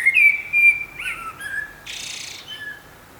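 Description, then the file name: Common blackbird: a single loud fluted whistle with a quavering end, then a soft falling note and a short burst of scratchy hiss. "Turdus merula"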